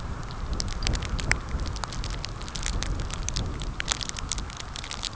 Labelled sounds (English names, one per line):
none